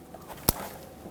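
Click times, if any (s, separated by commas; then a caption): 0.5 s. A wiring harness connector is plugged into the ignition coil pack of a 1997–2006 Jeep Wrangler 2.4L before the pack is bolted on. A single loud, sharp click at 0.5 s marks the latch engaging, with only a faint tick at 0.1 s against quiet background. The connector is clicked in and locked.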